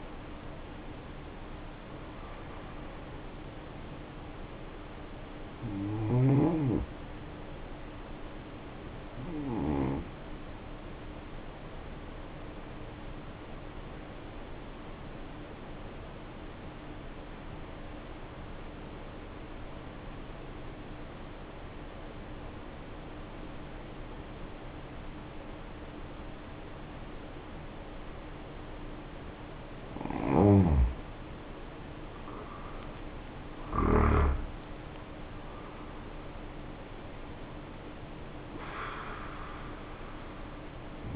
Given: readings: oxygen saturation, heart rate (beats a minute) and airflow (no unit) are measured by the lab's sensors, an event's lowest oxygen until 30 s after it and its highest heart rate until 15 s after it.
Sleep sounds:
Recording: breathing in sleep by a voice recorder at the bedside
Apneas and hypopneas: 1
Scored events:
9.00-41.16 s: new sleep stage, N2 (light sleep)
14.00-30.90 s: obstructive apnea (N2, oxygen 95% highest, then 76% lowest, heart rate 57 at the start, 74 highest)
From the record:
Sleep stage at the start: N1 (lightest sleep)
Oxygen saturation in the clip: 73 to 95%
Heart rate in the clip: 55 to 74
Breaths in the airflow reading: 6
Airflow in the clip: -6.5 to 9.1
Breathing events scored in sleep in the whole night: 520 in 7.2 hours asleep

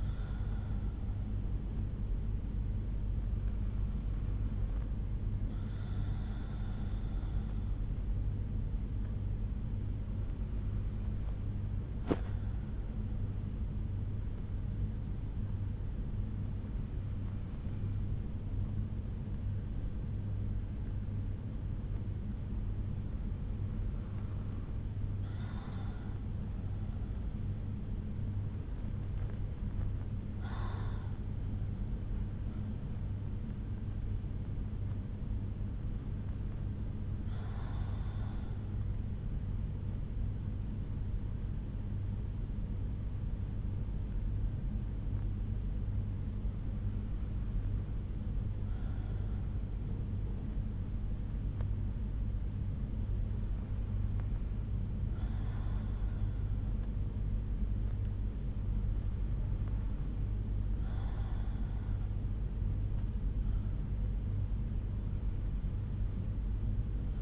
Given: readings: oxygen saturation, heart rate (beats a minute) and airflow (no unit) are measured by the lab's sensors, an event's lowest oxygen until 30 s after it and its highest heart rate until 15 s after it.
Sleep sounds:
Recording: breathing in sleep by a smartphone at the bedside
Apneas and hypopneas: none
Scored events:
none scored
From the record:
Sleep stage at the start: N2 (light sleep)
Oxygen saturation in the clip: 93 to 94%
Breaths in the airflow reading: 11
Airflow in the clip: -6.2 to 5.8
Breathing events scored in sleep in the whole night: 368 in 8.0 hours asleep

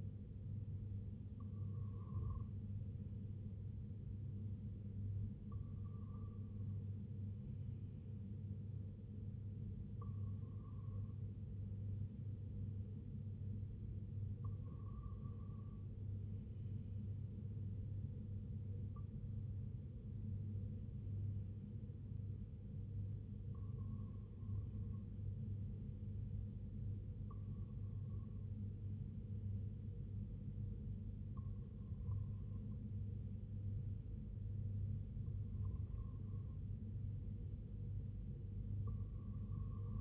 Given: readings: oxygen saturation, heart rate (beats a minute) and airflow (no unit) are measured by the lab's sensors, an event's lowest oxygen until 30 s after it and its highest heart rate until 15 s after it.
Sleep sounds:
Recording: breathing in sleep by a smartphone at the bedside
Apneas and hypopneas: none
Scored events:
none scored
From the record:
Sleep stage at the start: REM sleep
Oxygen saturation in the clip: 94 to 96%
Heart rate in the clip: 64 to 78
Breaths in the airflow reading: 9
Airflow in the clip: -3.7 to 2.3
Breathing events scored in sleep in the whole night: 258 in 7.4 hours asleep

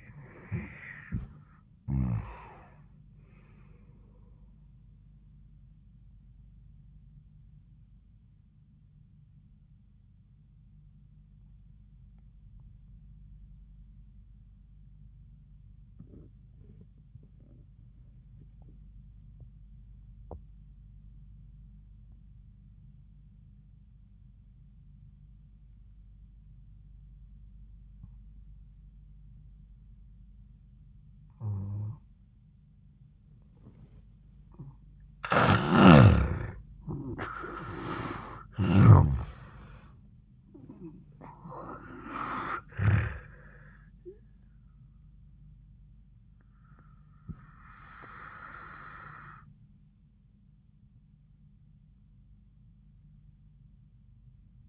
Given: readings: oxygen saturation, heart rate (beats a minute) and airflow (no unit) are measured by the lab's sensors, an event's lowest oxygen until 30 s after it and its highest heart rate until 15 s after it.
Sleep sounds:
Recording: breathing in sleep by a smartphone at the bedside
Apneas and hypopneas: 1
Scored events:
4.00-54.69 s: new sleep stage, N1 (lightest sleep)
7.00-33.00 s: obstructive apnea (N1, oxygen 99% highest, then 85% lowest, heart rate 79 at the start, 91 highest)
From the record:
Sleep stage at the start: N2 (light sleep)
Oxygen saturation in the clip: 82 to 99%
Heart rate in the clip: 73 to 91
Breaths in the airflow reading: 5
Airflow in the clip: -20.1 to 23.3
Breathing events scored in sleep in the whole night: 400 in 8.7 hours asleep

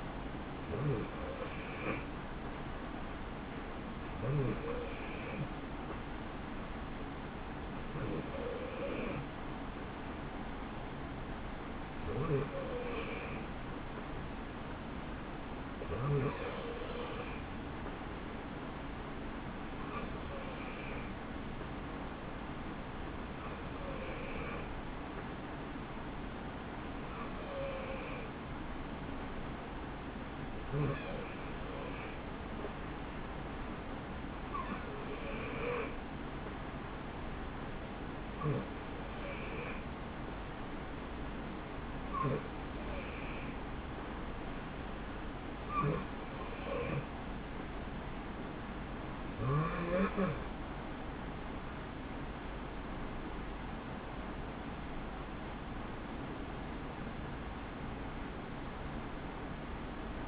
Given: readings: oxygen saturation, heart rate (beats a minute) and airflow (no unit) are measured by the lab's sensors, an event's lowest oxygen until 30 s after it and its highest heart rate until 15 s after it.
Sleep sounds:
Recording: breathing in sleep by a voice recorder at the bedside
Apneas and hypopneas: none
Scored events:
none scored
From the record:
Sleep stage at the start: N3 (deep sleep)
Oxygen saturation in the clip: 90 to 92%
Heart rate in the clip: 61 to 72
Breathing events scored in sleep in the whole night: 160 in 9.3 hours asleep

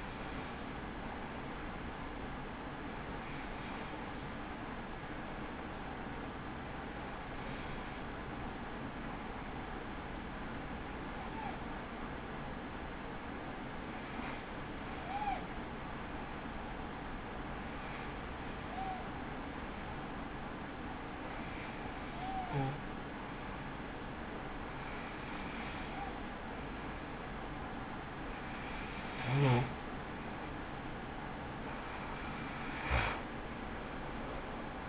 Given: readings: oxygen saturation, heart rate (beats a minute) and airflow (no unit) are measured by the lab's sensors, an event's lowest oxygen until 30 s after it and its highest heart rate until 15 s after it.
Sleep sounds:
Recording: breathing in sleep by a voice recorder at the bedside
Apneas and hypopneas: none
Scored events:
none scored
From the record:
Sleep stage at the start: N2 (light sleep)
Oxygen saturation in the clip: 93 to 95%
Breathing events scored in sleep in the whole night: 83 in 6.1 hours asleep

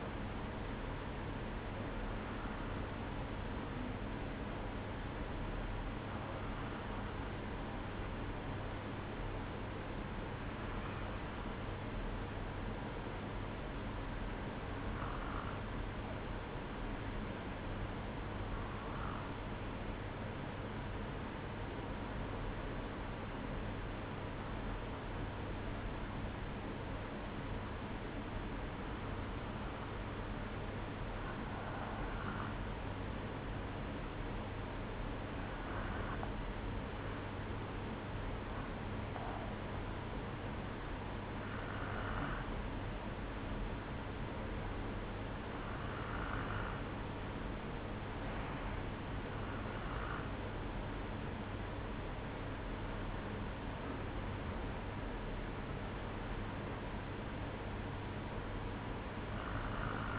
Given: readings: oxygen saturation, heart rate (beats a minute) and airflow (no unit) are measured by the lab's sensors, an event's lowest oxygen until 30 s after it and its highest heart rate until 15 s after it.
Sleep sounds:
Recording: breathing in sleep by a voice recorder at the bedside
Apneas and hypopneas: 1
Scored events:
4.00-60.19 s: new sleep stage, N2 (light sleep)
5.00-25.00 s: hypopnea (N2, oxygen 95% highest, then 94% lowest, heart rate 54 at the start, 60 highest)
From the record:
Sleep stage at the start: N1 (lightest sleep)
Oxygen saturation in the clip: 93 to 95%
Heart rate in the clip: 54 to 60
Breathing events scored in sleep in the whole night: 305 in 9.6 hours asleep

